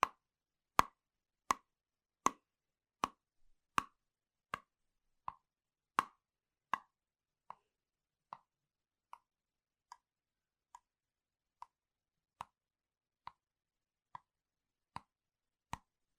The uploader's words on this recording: Gentle/Fast tapping on all things Apple. You'll hear me tapping HomePod mini, Magic Keyboards, different MacBooks, awesome product boxes and cases that make amazing sounds etc.